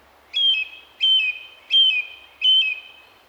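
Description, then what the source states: Song thrush song, one clear whistled phrase repeated four times in quick regular succession, each a level note with a slight downward kink. Repetition of phrases, which helps distinguish it from the blackbird.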